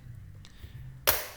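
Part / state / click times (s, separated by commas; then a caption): battery pack into cordless jig saw / seated / 1.1 s. A 20V lithium-ion battery pack is slid into the base of a Bauer 20V Hypermax cordless jig saw for the first time. A faint tick at 0.5 s precedes a sharp, bright click at 1.1 s that trails off briefly. The pack latches into place, going in a little stiff.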